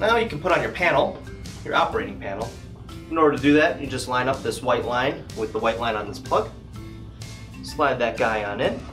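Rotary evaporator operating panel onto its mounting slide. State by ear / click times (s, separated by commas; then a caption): not seated / none. Someone talks over background music while lining up the white line on the detachable plastic operating panel of a Hei-VAP rotary evaporator with the white mark on its plug slide, ready to push it on bottom first and then top. A brief soft bump is heard at 7.2 s. The panel has not seated or clicked yet.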